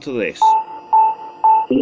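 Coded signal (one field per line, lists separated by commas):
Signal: none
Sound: audio captcha sounds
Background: speech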